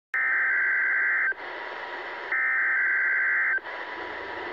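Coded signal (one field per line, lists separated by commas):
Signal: Emergency Alert System (SAME) tones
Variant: header bursts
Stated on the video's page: Required Weekly Test.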